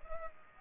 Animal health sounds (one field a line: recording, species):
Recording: mosquito wingbeat signal from an infrared sensor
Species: Culex pipiens